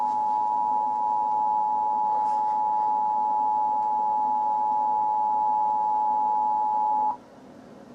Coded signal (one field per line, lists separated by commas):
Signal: Emergency Alert System (SAME) tones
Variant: 853 and 960 Hz attention tone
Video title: ORIGINAL Emergency Alert System Tornado Warning for Knoxville, TN March 2, 2012